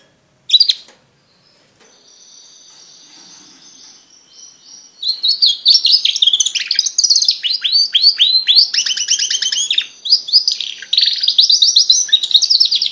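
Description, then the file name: Border canary singing: a short chirp, then a long steady high whistle held for about three seconds, followed by rapid, varied rattling trills and buzzy rolls. "canto do canario border"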